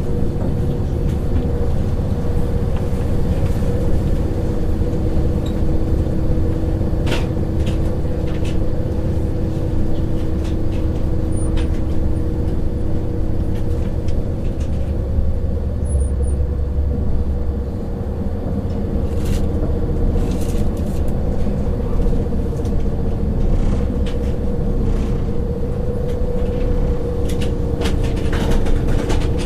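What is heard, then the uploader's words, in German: A train rolls on at a steady pace, its deep rumble and low hum constant throughout, with a faint tone held above it. Light clicks and rattles from the rails come through irregularly, and the level barely changes across the half minute. Nächtliche Zugreise. Der sanfte Rhythmus der Schienen und das beruhigende Surren des Zuges.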